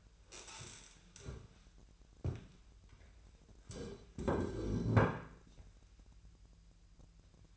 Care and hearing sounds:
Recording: daily activity, microphone in the room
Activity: stand up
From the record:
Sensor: 2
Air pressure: 1001.7 hPa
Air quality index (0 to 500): 241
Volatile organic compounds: 74 ppm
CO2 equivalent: 3559 ppm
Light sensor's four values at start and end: 9/21/9/9 and 8/19/8/9

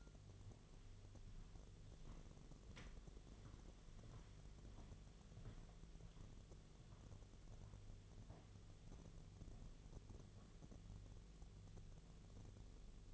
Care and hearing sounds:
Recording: daily activity, microphone in the room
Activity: walk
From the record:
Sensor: 4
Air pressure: 1009.2 hPa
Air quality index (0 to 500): 170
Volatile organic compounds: 5 ppm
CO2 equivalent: 1717 ppm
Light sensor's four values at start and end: 25/77/29/28 and 25/77/30/29

